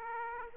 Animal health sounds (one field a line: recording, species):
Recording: mosquito wingbeat signal from an infrared sensor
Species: Aedes aegypti